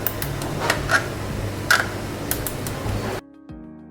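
The nut securing the tube on the auxiliary extruder of a Bambu Lab X2D 3D printer is tightened with the supplied torque-limiting open-end wrench until the wrench clicks at its torque setting. Repeated sharp clicks sound at about 0.1, 0.7, 1.7, 1.8, 2.3 and 2.5 seconds over steady background music. The sound drops abruptly near 3.2 seconds, leaving quieter music.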